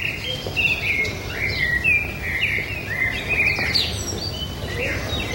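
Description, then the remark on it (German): Several birds in the trees at Campo San Lorenzo chirp and twitter at dawn in quick, overlapping high-pitched phrases over a steady low rumble, with a faint insect-like buzz in the background and no one speaking. “Aus den Bäumen am Campo San Lorenzo empfingen sie das Gezwitscher der Vögel, die den Morgen begrüßten.”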